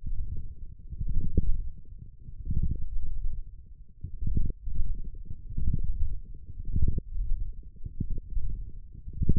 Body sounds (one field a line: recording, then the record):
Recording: forearm muscle sounds (acoustic myography)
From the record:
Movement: wrist flexion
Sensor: system 1, eight BSWA MPA416 microphones around the upper forearm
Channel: 2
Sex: male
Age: 23 years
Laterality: right